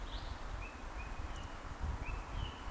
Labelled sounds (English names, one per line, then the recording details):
Eurasian Woodcock whistle
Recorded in Baden-Württemberg, Germany, on 30 May 2021 at 19:49 UTC
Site 43323, 910 m above sea level